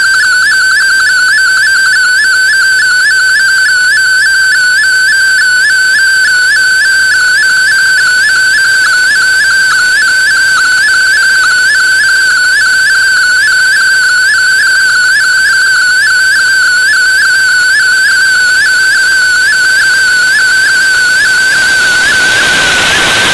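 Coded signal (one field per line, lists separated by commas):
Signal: multi-tone FSK (Olivia or MFSK type)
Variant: MFSK32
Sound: steady warbling tone that hops quickly between close pitches, like a jittery whistle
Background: radio static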